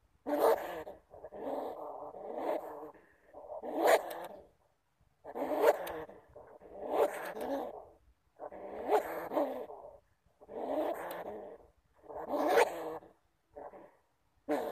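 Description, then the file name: Bamboo rat producing separate bursts of grating, buzzy calls, each lasting about a second, spaced by short silences. "Tieng dui keu"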